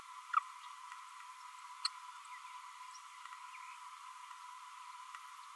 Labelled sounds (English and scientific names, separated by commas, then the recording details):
Green-rumped Parrotlet (Forpus passerinus) babbling
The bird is a female
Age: 33 days
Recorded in a nest box in Venezuela
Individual 17B32A7